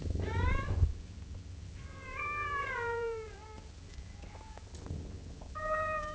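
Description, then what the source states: Cat meowing, a short call at the start, a longer wavering meow in the middle, and a steady meow at the end, over low rumble. Cat gently meowing at long intervals.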